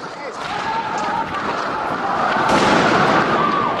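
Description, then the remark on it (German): Scattered sharp gunshot bangs ring out in Cochabamba as police and military face a dense, roaring crowd of shouting protesters against water privatization, with thin whistle-like tones cutting through the steady, loud din. “Polizei und Militärs waren im Einsatz. Schüsse fielen.”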